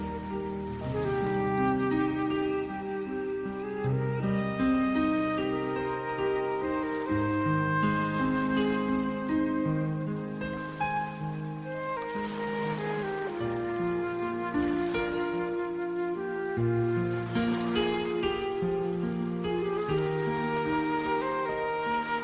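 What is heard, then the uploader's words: Piano and flute music plays at an even level, held melody tones drifting over slowly shifting low notes, with a faint hiss underneath. Soothing blend of white noise, relaxing piano, and flute music. The white noise acts as a gentle background hum.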